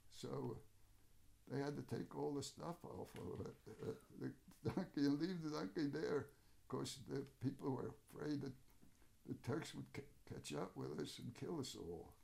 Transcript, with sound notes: So they had to take all the stuff off of it, the donkey, [laughs] and leave the donkey there! Because the people were afraid the Turks would catch up with us, and kill us all.